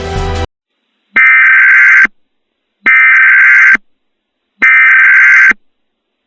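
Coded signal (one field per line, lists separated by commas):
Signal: Emergency Alert System (SAME) tones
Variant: header bursts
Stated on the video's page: Valid EAS tones in a fictional volcano scenario.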